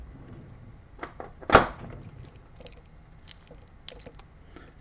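A case back knife is worked under the lip of a press-fit metal case back on a wristwatch case and levered, making small scrapes and ticks with a louder knock near 1.5 s. A sharp little click at 3.9 s is heard as the case back pops open and is released.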